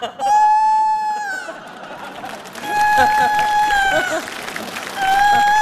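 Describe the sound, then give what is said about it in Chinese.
A rooster crows three times in a row, each call a long, strained, high-pitched cry, over a steady background of rustling noise. “咋还打鸣呢？”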